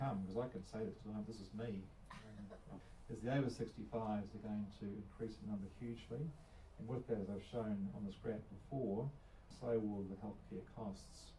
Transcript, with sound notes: ‘cause I can say this ‘cause this is me… [chuckle] is the over sixty-fives are going to increase in number hugely, and with that, as I’ve shown on this graph before, so will the health care costs.